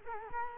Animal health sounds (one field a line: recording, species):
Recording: mosquito wingbeat signal from an infrared sensor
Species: Culex quinquefasciatus